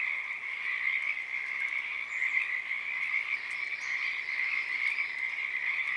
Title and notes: Oaks Bottom Frogs. Friday April 7th, 2023 at one of my favorite places in the universe: Oaks Bottom Wildlife Refuge, Portland, Oregon USA. This is the chorus of the Pacific Tree Frog starting and stopping. Field Sound